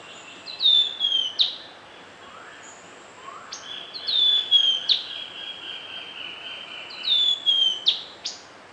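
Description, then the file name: Yellow-breasted boatbill calls: short phrases of high thin descending whistles with sharp clicks, repeated about every three seconds. Papua New Guinea. "Mach Flav"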